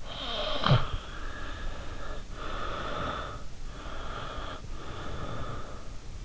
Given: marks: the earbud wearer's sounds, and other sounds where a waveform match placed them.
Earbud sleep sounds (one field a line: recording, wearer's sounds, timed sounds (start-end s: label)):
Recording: sounds in sleep by an in-ear microphone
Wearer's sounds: snoring breath, breath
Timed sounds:
0.00-3.44 s: snoring breath
3.65-5.86 s: breath